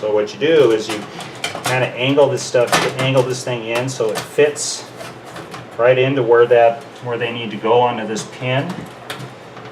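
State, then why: Not seated. A retaining piece for an old computer's motherboard is angled in toward a mounting pin in the case, to be pushed down so it holds the motherboard in place, while someone talks throughout. Faint handling sounds come under the speech, with a brief sharp sound near 9.1 s, but nothing has seated or clicked yet.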